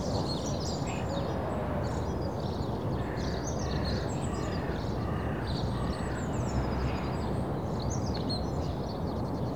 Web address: BBC Sound Effects Library - Suburbia Early Morning Suburban Birds